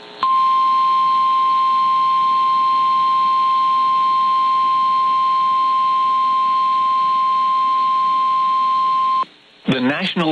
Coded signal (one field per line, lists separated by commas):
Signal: Emergency Alert System (SAME) tones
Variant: 1050 Hz attention tone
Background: speech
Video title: PDS Tornado Warning for Nash, OK (3/5/26) [EAS #358]